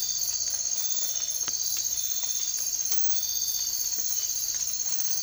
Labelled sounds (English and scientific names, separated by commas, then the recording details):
none
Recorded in dense forest near Puerto Asís, Putumayo, Colombia, on 24 March 2025 at 04:00
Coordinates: 0.503, -76.323
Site GP09